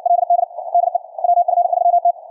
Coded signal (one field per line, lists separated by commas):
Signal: Morse code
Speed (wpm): 55 wpm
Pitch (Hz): 700 Hz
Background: none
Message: LD DE WF3T